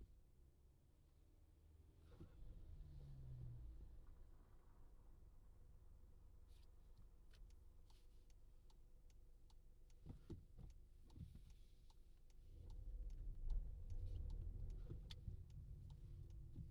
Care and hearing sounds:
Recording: everyday scene through a hearing-aid microphone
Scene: in a vehicle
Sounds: engine, traffic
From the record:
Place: Skoda Fabia, gasoline engine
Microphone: in the ear canal, left

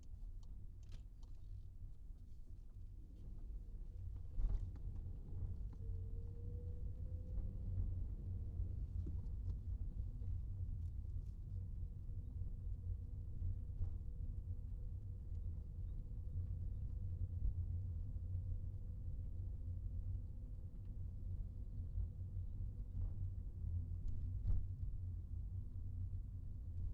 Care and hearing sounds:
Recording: everyday scene through a hearing-aid microphone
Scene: in a vehicle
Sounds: engine, rumble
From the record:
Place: Skoda Fabia, gasoline engine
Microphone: in the ear canal, right

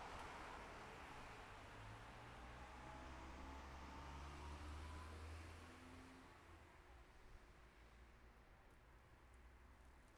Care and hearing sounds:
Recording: everyday scene through a hearing-aid microphone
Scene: in traffic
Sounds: traffic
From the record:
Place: city secondary road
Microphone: behind the ear, left, rear

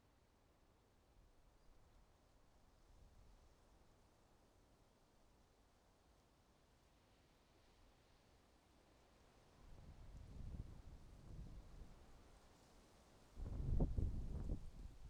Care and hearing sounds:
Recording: everyday scene through a hearing-aid microphone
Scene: wind on the microphone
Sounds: wind, traffic, birds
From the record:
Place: suburban garden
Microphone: in the ear canal, right

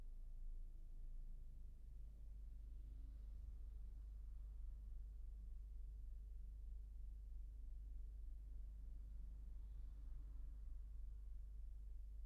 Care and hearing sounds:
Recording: everyday scene through a hearing-aid microphone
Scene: in a vehicle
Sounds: engine idling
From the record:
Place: Berlingo II, diesel engine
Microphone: behind the ear, left, rear

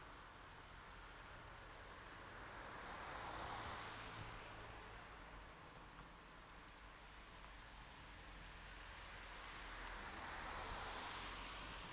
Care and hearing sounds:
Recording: everyday scene through a hearing-aid microphone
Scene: in traffic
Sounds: traffic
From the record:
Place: city secondary road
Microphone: in the ear canal, left

